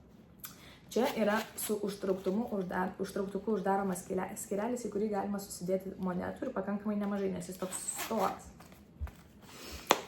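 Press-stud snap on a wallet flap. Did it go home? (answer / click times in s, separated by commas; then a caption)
yes / 9.9 s. Someone talks for most of the clip while handling a faux-suede wallet. A press stud on a compartment flap is pressed shut with a sharp click at 9.9 s, and the snap closes and seats.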